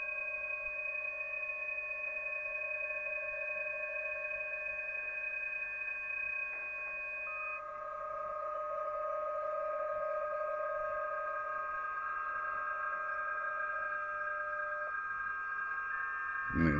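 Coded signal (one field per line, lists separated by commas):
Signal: PSK31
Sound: several steady thin warbling tones at different pitches held throughout, faint hiss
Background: radio static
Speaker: вот станция из Белоруссии начинают выдавать общий вызов CQ но ему к сожалению ни кто не отвечает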